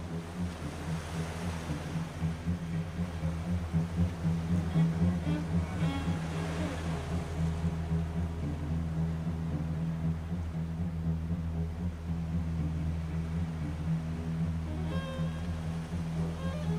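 Sea sounds form a steady low droning rumble with a constant wash, swelling slightly around five to six seconds and briefly again near fifteen.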